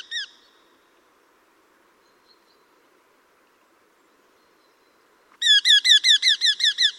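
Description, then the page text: Eurasian hobby giving a rapid, even series of shrill, downward-slurred notes, roughly nine in quick succession, after one brief note and a long quiet stretch. "Patrik berg - Чеглок (Falco subbuteo)"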